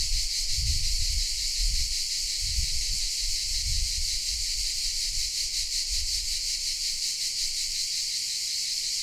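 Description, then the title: Cicadas drone in a constant high buzz while low dull thumps come and go. Recorded in shade of pine trees in a park at Padula, Italy; mainly cicada sounds; recorded with Zoom H6 and MS capsule. "Cicale nel parco della Certosa"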